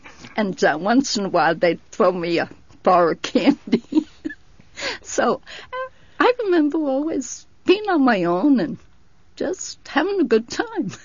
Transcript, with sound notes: And once in a while they'd throw me a bar of candy. ( she laughs ) So I remember always being on my own and just having a good time.